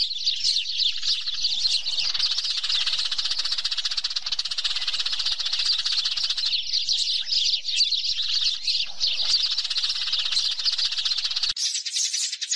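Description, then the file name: Sparrows chirping in a dense, continuous chorus of many overlapping high twittering calls, with brief lulls and no other clear sounds. Calls used to summon the flock. "Tieng se goi bay"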